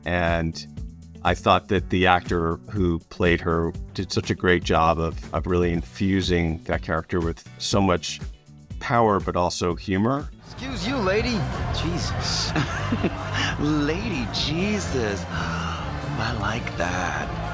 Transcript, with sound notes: and I thought that the actor who played her did such a great job of, of really infusing that character with so much power but also humor.
Excuse you, Lady! Jesus!
[Chuckles] Lady Jesus? I like that.